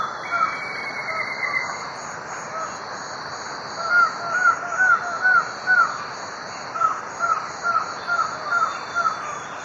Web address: Natures Songs S America Eastern Lowlands. Thamnophilus aethiops, duet